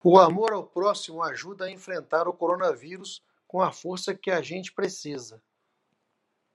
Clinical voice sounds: spoken sentence; Brazilian Portuguese; male; 50 to 59 years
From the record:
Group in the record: control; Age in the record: 56 years

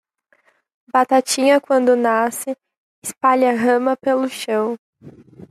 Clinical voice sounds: short text; Brazilian Portuguese; female; 18 to 19 years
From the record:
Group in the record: control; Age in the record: 19 years

